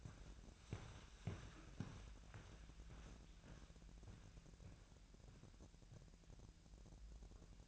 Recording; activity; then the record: daily activity, microphone in the room; walk to room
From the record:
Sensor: 2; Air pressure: 1012.1 hPa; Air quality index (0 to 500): 142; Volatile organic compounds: 2 ppm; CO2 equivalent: 1035 ppm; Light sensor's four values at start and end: 83/201/82/81 and 89/212/87/86